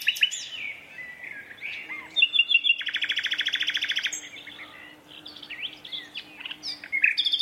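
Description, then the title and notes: Common nightingale song: whistled slurs leading into a long fast rattle, then varied chirps and trills, over a low steady hum. Two males singing a competitive duet at dusk in a dense thorn thicket, north Dorset countryside woodland; a tractor mowing the year's first silage nearby. "Sound Escape: An astonishing nightingale duet in a Dorset woodland. BBC Countryfile Magazine's Sound Escapes"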